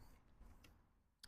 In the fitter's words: Again, this one right here, not even adhered on, it's just popped into place.